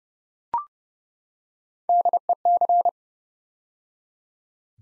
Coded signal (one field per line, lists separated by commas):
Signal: Morse code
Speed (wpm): 30 wpm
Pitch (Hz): 700 Hz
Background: none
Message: DEC